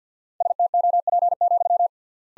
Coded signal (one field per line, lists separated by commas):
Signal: Morse code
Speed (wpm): 50 wpm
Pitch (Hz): 700 Hz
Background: none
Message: STOP,